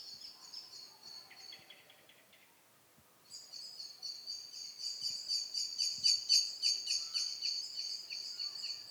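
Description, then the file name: Eurasian blackbird calls: high, thin metallic chips, a short burst early, then a fast, steady run of repeated notes about four per second over faint background hiss. "Turdus merula"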